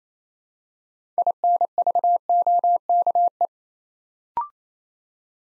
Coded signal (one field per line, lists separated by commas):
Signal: Morse code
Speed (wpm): 27 wpm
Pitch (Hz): 700 Hz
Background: none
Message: INVOKE